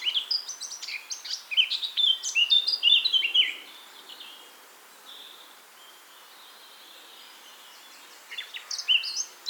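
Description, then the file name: Eurasian blackcap song: a rapid scratchy warble of mixed chirps and fluty notes lasting several seconds, a pause, then a fresh warbled burst at the end. "Sylvia atricapilla"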